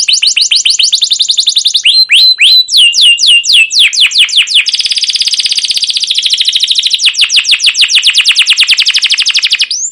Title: CUIT CUIT NGEROL LANGSUNG GACOR PANJANG Kenari Ini AMPUH Utk Pancingan KENAR